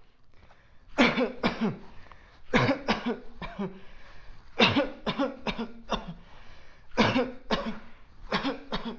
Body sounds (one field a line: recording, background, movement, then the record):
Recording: voluntary coughing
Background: quiet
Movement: walking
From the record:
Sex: male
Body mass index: 20.6 kg/m2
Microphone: on the chest, facing outward